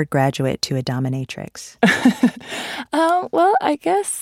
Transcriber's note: laughter